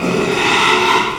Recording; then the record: squeal of a Yucatan mini pig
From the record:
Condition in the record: after surgery on the right vocal fold (resection and tissue-engineered implant); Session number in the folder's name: 1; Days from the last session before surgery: 6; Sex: male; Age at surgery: 12 weeks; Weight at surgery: 13 kg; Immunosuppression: cyclosporine, prednisolone